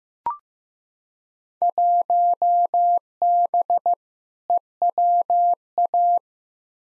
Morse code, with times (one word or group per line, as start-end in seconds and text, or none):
1.6-3.9 1B
4.5-6.2 EWA